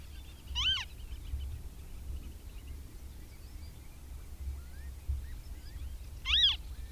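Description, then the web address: Western marsh harrier calling twice, about six seconds apart. Each call is a brief, thin, arched note over faint low background rumble. "agykontroll Madardalok Cd 3. Barna rétihéja"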